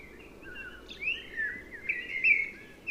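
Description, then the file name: Common blackbird warbling song, a run of mellow fluted notes with slurred turns, against a faint steady hiss. "Turdus merula"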